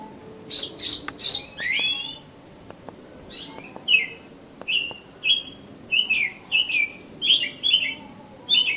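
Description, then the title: Oriental magpie-robin song: rapid sharp notes, then a series of downslurred whistled phrases repeated at short intervals, with a steady thin high tone in the background. "Kacer Kacer"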